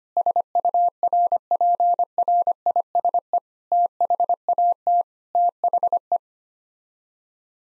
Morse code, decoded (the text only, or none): SURPRISE THAT THE